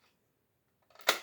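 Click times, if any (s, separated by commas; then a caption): 1.1 s. A RAM module is pressed down into the memory slot of a Dell Inspiron 15 3000 series laptop. After a near-silent start and some faint handling rustle from about 0.9 s, the side clips catch with a sharp, bright snap at 1.1 s. The module locks into the slot.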